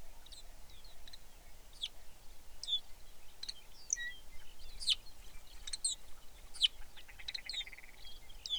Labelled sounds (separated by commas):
songbird, grouse or ptarmigan